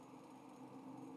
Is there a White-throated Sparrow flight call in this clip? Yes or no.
no